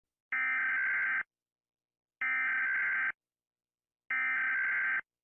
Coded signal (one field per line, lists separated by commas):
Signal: Emergency Alert System (SAME) tones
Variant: header bursts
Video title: Rating EAS Alarms (Remake)